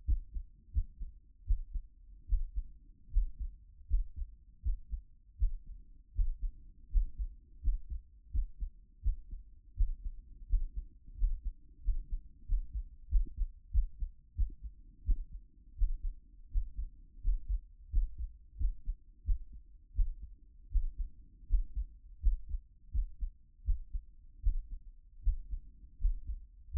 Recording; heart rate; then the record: heart sounds by stethoscope; 84 bpm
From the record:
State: after exercise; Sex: female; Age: 31 years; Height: 167 cm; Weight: 61 kg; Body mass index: 21.87